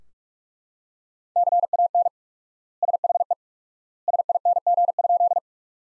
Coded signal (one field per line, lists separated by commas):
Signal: Morse code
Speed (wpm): 45 wpm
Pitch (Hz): 700 Hz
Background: none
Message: CAN SHE SING?